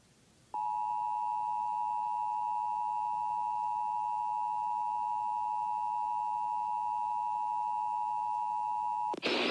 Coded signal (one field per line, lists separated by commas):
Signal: Emergency Alert System (SAME) tones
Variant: 853 and 960 Hz attention tone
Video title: Iowa Required Monthly Test (EAS #197)